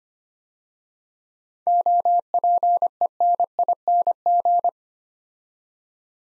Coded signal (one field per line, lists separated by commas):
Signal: Morse code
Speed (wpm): 25 wpm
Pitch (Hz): 700 Hz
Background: none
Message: OPENING